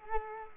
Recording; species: mosquito wingbeat signal from an infrared sensor; Culex quinquefasciatus